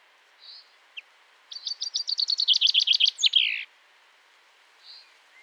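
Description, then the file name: Common chaffinch: soft single call notes, then a trill of sharp notes ending in a slurred downward flourish, followed by another quiet call. "Fringilla coelebs"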